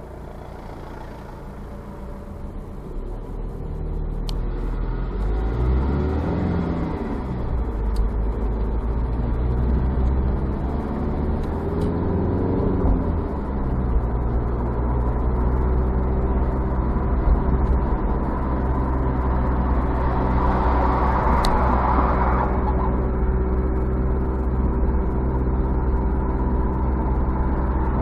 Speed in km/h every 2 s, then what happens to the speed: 0, 0, 3, 16, 28, 31, 41, 42, 46, 46, 44, 45, 46, 46.
0-3 standing. 3-16 pulls away to 46. 16-28 steady at about 46.